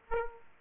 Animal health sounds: mosquito wingbeat signal from an infrared sensor; Aedes aegypti

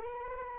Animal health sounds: mosquito wingbeat signal from an infrared sensor; Anopheles arabiensis

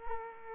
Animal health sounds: mosquito wingbeat signal from an infrared sensor; Culex quinquefasciatus

